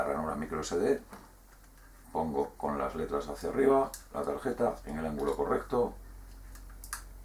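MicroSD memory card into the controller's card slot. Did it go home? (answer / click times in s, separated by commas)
yes / 6.9 s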